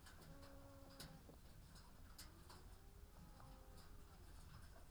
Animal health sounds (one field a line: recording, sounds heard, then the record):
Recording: poultry house recording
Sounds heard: sick chickens (respiratory disease)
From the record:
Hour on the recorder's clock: 14